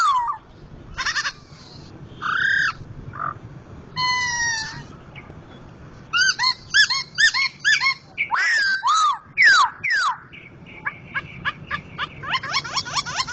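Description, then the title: Laughingthrush song: varied loud phrases of harmonic notes, downslurred whistles and rapid chattering bursts, with stuttering repeated notes toward the end. Loud-voiced national champion contest bird, in persistent vigorous song (gacor). "Poksay Jambul Sumatra Suara Keras Juara Nasional. Poksay Hongkong gacor mantab (Gathutkaca)"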